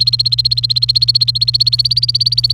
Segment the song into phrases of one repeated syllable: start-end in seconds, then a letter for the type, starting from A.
0.00-2.53 A